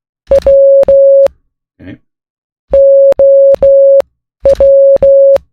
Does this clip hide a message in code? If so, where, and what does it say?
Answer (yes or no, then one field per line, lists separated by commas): yes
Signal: Morse code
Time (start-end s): 0.3-5.4 s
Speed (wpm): 16 wpm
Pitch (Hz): 550 Hz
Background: none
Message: W OW